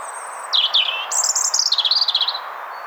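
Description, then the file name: European robin song: a thin high note, falling warbled slurs, then a rapid trill of very high twittering notes. "Erithacus rubecula"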